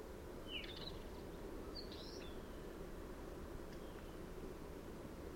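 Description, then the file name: Northern wheatear song, a couple of brief scratchy twittering phrases near the start and a fainter one later, over constant low-pitched environmental noise. "Culbianco"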